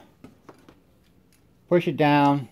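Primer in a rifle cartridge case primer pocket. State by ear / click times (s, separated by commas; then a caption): not seated / none. A rifle cartridge case with a high primer, not seated all the way in its primer pocket, is placed back into a priming press and lined up before the primer is pushed down. A few faint ticks of handling come at about 0.2, 0.5, 0.7 and 1.3 seconds, then someone talks. The primer has not been pushed down or seated yet.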